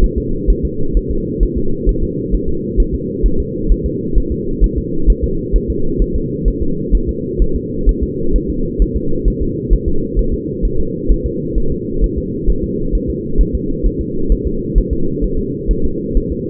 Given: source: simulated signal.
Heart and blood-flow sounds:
fetal heart sounds
0.04 s: S1
0.18 s: S2
0.50 s: S1
0.65 s: S2
0.97 s: S1
1.11 s: S2
1.43 s: S1
1.58 s: S2
1.89 s: S1
2.04 s: S2
2.35 s: S1
2.49 s: S2
2.80 s: S1
2.94 s: S2
3.26 s: S1
3.40 s: S2
3.71 s: S1
3.86 s: S2
4.18 s: S1
4.32 s: S2
4.64 s: S1
4.78 s: S2
5.10 s: S1
5.24 s: S2
5.56 s: S1
5.70 s: S2
6.02 s: S1
6.16 s: S2
6.48 s: S1
6.62 s: S2
6.95 s: S1
7.09 s: S2
7.42 s: S1
7.56 s: S2
7.89 s: S1
8.04 s: S2
8.36 s: S1
8.50 s: S2
8.82 s: S1
8.96 s: S2
9.28 s: S1
9.42 s: S2
9.73 s: S1
9.88 s: S2
10.19 s: S1
10.34 s: S2
10.65 s: S1
10.80 s: S2
11.11 s: S1
11.26 s: S2
11.58 s: S1
11.72 s: S2
12.04 s: S1
12.18 s: S2
12.49 s: S1
12.64 s: S2
12.95 s: S1
13.10 s: S2
13.41 s: S1
13.55 s: S2
13.86 s: S1
14.01 s: S2
14.32 s: S1
14.47 s: S2
14.78 s: S1
14.93 s: S2
15.24 s: S1
15.39 s: S2
15.71 s: S1
15.85 s: S2
16.17 s: S1
16.32 s: S2
From the record:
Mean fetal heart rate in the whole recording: 130 bpm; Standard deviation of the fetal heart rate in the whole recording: 2 bpm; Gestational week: 36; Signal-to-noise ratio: -8.1 dB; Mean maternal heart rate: 72 bpm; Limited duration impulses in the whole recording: absent

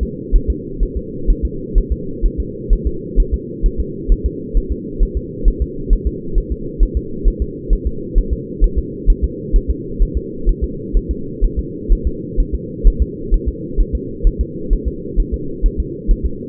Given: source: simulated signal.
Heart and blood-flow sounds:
fetal heart sounds
0.03 s: S2
0.36 s: S1
0.50 s: S2
0.83 s: S1
0.97 s: S2
1.30 s: S1
1.45 s: S2
1.78 s: S1
1.92 s: S2
2.26 s: S1
2.40 s: S2
2.73 s: S1
2.87 s: S2
3.20 s: S1
3.34 s: S2
3.66 s: S1
3.80 s: S2
4.12 s: S1
4.26 s: S2
4.57 s: S1
4.72 s: S2
5.03 s: S1
5.17 s: S2
5.48 s: S1
5.62 s: S2
5.93 s: S1
6.07 s: S2
6.38 s: S1
6.52 s: S2
6.83 s: S1
6.97 s: S2
7.28 s: S1
7.42 s: S2
7.73 s: S1
7.87 s: S2
8.18 s: S1
8.33 s: S2
8.64 s: S1
8.78 s: S2
9.10 s: S1
9.24 s: S2
9.56 s: S1
9.70 s: S2
10.03 s: S1
10.17 s: S2
10.49 s: S1
10.64 s: S2
10.97 s: S1
11.11 s: S2
11.44 s: S1
11.59 s: S2
11.93 s: S1
12.07 s: S2
12.40 s: S1
12.55 s: S2
12.87 s: S1
13.02 s: S2
13.34 s: S1
13.48 s: S2
13.80 s: S1
13.95 s: S2
14.27 s: S1
14.41 s: S2
14.73 s: S1
14.88 s: S2
15.20 s: S1
15.34 s: S2
15.66 s: S1
15.80 s: S2
16.11 s: S1
16.26 s: S2
From the record:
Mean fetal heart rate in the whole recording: 130 bpm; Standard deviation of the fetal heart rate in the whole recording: 2 bpm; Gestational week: 38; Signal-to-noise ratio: -4.3 dB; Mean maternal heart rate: 72 bpm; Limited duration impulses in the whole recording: absent

